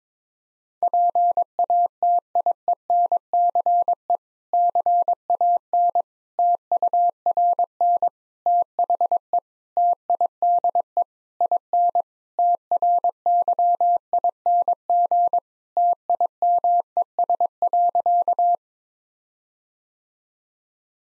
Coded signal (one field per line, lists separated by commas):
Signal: Morse code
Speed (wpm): 22 wpm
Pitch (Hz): 700 Hz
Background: none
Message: PATIENCE CAN TURN THE TIDE IN TRYING TIMES.